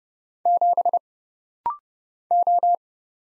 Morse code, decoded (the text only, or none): 7 O